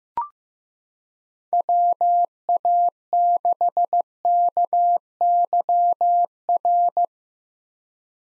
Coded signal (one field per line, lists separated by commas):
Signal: Morse code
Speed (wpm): 15 wpm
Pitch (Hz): 700 Hz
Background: none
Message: WA6KYR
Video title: 2023 SOTA Chaser Call Signs - 15wpm